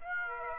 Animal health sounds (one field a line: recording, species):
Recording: mosquito wingbeat signal from an infrared sensor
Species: Aedes aegypti